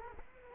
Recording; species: mosquito wingbeat signal from an infrared sensor; Culex quinquefasciatus